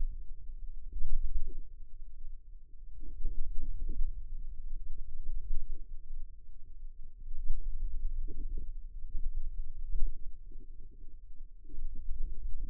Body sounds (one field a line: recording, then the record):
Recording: forearm muscle sounds (acoustic myography)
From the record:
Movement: radial deviation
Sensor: system 2, bracelet of six BSWA MPA416 microphones around the upper forearm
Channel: 2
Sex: female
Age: 22 years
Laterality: right